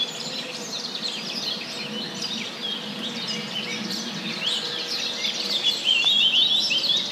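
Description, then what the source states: Many birds singing at once, a steady wash of high chirps and thin trills that swells slightly louder toward the end. Birds in a wood.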